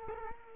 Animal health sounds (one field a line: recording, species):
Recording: mosquito wingbeat signal from an infrared sensor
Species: Culex quinquefasciatus